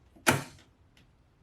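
A headlight unit is pressed from the top into the headlight bowl mounting of a classic VTEC Mini with a B-series engine. A sharp, loud snap at 0.3 s marks the headlight seating into place, followed by a brief, much fainter tick near 1.0 s. The headlight is seated.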